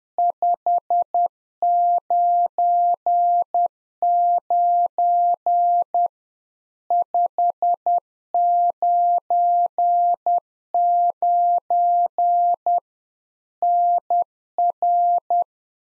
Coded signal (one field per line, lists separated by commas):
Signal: Morse code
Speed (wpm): 10 wpm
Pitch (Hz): 700 Hz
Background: none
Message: 599 599 NR